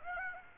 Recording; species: mosquito wingbeat signal from an infrared sensor; Aedes aegypti